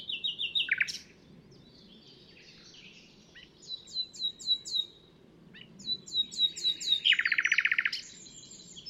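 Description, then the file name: Common nightingale singing quick repeated notes, a series of bouncing high chirps, then a loud rapid rattling trill of many pulses. "Luscinia megarhynchos"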